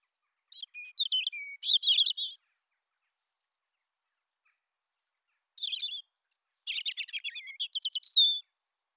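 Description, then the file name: European robin song: two separate phrases of high, liquid twittering and trills, about two and three seconds long, with a silent pause between them. "Erithacus rubecula"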